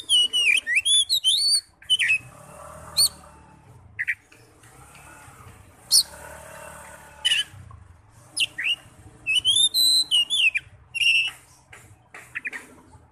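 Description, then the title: Oriental magpie-robin singing varied whistled phrases and harsh squawky notes in irregular bursts. "Kacer"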